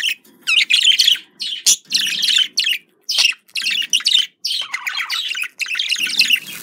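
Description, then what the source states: Budgerigar chatter: rapid, scratchy, buzzy warbled phrases that run almost without a break, each stopping only briefly. Described as a budgerigar love sound.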